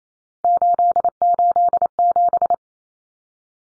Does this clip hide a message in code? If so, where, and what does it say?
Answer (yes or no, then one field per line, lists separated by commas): yes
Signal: Morse code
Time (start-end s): 0.4-2.5 s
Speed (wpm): 28 wpm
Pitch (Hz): 700 Hz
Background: none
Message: 887